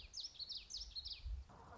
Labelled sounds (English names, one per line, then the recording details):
Common Yellowthroat
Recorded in Sonoma County, California